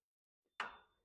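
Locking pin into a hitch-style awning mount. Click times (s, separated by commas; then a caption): 0.6 s. A locking pin is pushed into a metal RacksBrax Triple XD hitch-style awning mount on the roof rack of a Mitsubishi Montero/Pajero. After a faint rustle, one sharp knock at 0.6 seconds rings briefly with a thin high tone before fading. The pin snaps in and is seated.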